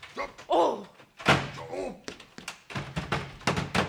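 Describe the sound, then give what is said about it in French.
A door slams shut with a heavy thunk, then a few sharper knocks and clicks follow as it is locked, shutting people inside, while a voice briefly cries out over the noise. “Ouvrez, misérable. Je vous ordonne d'ouvrir.”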